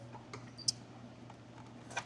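Wiring harness connectors are pushed onto the headlight switch and the dome override switch behind the dash bezel of a 1998–2004 Chevy S10, with a cheap replacement bezel. Faint handling ticks lead up to a sharp click at 0.7 s and a second click at 2.0 s. Both connectors seat.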